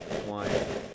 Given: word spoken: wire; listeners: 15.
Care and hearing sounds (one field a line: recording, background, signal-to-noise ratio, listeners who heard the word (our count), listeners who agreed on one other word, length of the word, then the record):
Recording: one English word in noise, from a listening test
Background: noise modulated by three-talker babble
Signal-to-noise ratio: -6.2 dB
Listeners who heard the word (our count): 1 of 15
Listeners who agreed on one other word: 6 of 15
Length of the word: 0.54 s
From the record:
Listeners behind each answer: 6, 2, 2, 2, 1, 1, 1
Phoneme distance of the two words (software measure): 17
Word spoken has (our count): 2 syllables, 4 phonemes, stress on syllable 1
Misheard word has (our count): 2 syllables, 5 phonemes, stress on syllable 1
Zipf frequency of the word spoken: 4.29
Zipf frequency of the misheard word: 4.86